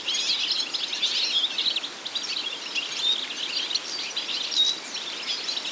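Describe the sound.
European goldfinch song, a dense run of bright, tinkling twitters and buzzy trills that continues without pause, with a steady hiss of background noise.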